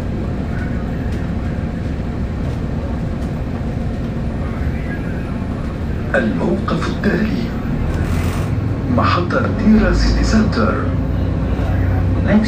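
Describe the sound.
Inside a Dubai bus, a steady low engine rumble runs throughout, with people talking and brief clatters and squeaks growing busier after six seconds.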